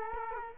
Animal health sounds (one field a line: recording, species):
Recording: mosquito wingbeat signal from an infrared sensor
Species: Culex quinquefasciatus